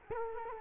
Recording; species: mosquito wingbeat signal from an infrared sensor; Culex quinquefasciatus